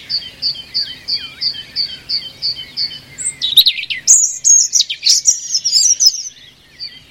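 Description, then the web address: European robin song: a run of short high notes repeated about three times a second, then a loud, fast, jumbled phrase of thin trills and whistles. "Deverinetal 2025"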